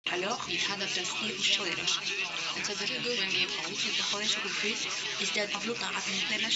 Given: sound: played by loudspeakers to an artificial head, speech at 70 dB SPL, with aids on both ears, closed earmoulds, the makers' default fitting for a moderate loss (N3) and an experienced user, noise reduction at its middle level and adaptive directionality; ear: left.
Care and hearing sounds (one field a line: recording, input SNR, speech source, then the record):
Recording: speech test signal (ISTS) in cocktail-party noise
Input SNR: +3 dB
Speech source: in front (0 degrees)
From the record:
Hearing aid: class 1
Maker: A